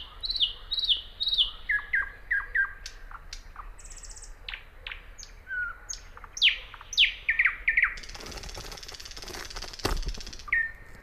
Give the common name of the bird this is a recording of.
Thrush Nightingale